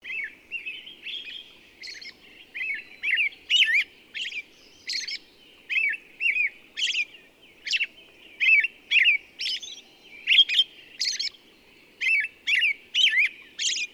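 Bird song: a lively run of short varied chirps and quick trilled notes, sung in repeated bursts.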